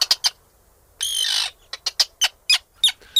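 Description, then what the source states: Arctic tern giving harsh crackling calls, quick clicky notes in uneven series, broken by a longer grating rasp about a second in. Described as a crackling electric call.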